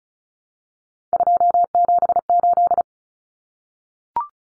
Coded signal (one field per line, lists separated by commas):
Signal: Morse code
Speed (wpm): 34 wpm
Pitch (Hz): 700 Hz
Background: none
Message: 278